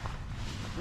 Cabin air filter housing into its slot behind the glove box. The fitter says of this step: There you go. So, you just like snapped right into place.